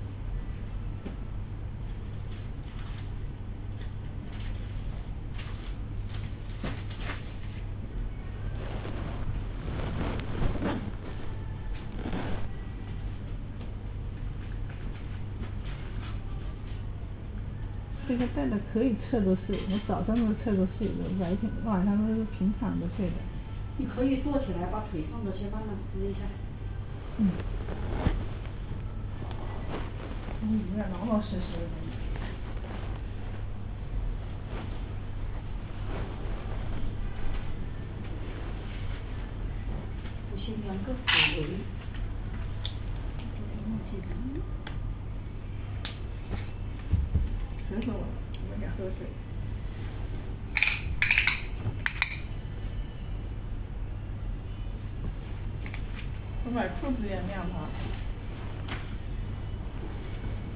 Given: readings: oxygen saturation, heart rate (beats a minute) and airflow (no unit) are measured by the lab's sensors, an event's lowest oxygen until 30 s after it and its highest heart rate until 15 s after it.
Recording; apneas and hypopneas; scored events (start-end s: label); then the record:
a person awake in a sleep study, by a smartphone at the bedside; none
0.00-60.56 s: awake
From the record:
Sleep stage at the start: awake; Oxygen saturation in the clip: 96 to 99%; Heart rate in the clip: 63 to 75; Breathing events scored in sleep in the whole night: 305 in 9.6 hours asleep